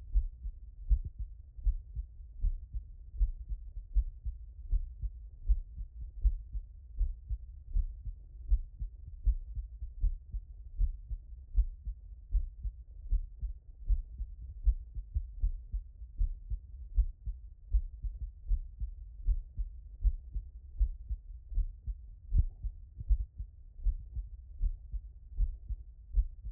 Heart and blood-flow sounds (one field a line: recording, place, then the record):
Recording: heart sounds by stethoscope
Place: tricuspid valve (TV)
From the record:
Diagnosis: non-HFrEF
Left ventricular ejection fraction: 59%